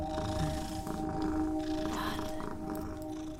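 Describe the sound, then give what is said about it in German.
Twin cats, the upper one now venturing down, make a steady, rumbling purr-like drone with faint sustained tonal whines layered over it, continuous and fairly even in loudness for the whole few seconds, with no talking. “Hey, die Katzensoap geht weiter. Guck, die obere traut sich jetzt nach unten.”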